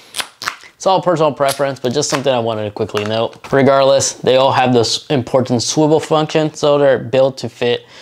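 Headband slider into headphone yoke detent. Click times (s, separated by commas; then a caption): 0.4 s, 0.5 s. The extendable headband slider on Sony XM4 over-ear headphones, which uses a traditional locking mechanism, is adjusted and clicks into its yoke detent. Two sharp clicks are heard at 0.4 s and 0.5 s, and the slider seats in position. Someone talks throughout the rest of the clip.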